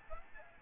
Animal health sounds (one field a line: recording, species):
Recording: mosquito wingbeat signal from an infrared sensor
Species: Aedes albopictus